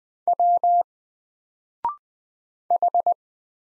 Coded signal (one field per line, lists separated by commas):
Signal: Morse code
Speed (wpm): 20 wpm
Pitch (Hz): 700 Hz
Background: none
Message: W H